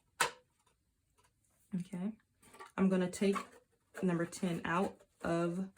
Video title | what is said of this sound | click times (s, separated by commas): 1/8 Baltic Birch Popcorn Movie Night Box Tutorial | okay it should snap right in | 0.2 s